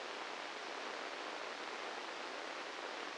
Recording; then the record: brain microelectrode recording played as sound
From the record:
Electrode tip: inside the subthalamic nucleus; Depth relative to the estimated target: -1 mm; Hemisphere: right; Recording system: NeuroSet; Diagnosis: Parkinson's disease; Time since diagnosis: 13 years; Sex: male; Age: 66 years